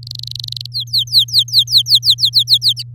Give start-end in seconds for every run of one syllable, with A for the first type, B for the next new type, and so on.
0.03-0.66 A, 0.72-2.83 B